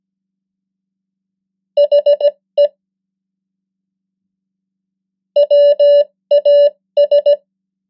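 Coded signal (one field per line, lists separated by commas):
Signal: Morse code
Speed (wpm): 17 wpm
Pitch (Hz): 580 Hz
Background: none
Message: HE WAS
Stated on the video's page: The 100 most common English words in Morse at 15 wpm, as practice.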